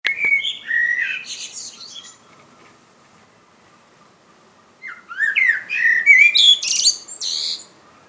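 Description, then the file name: Common blackbird singing two short phrases, each opening with low fluty whistles and ending in a high, squeaky twitter, with a pause between them. "Turdus merula"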